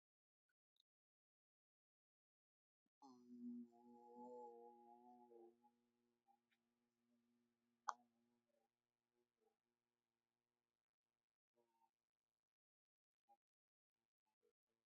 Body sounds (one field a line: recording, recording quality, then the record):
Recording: sustained vowel as in boot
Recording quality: excellent, no background noise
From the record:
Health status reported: healthy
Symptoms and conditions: none ticked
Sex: male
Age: 30 years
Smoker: yes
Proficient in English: yes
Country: India